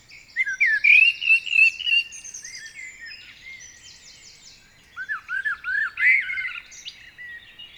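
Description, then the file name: Common blackbird: songbird producing mellow warbled notes mixed with bright, squeaky twittering in two bursts, separated by a stretch of thinner high chatter. "Turdus merula"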